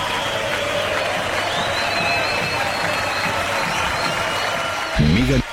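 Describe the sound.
Steady, dense clapping from a crowd fills the whole stretch, with a murmur of voices underneath and a brief voice rising above it right at the end.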